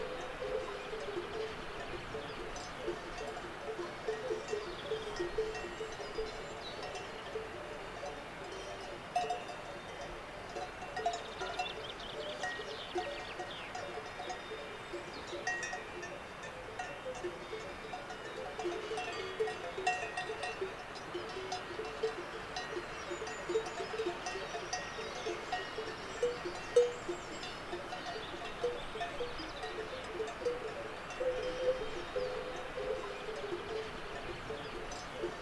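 Cows grazing on a high mountain pasture, their bells clinking softly and irregularly throughout. The tinkling stays steady and fairly dense, with a few brighter clanks standing out, over a low, constant outdoor hush.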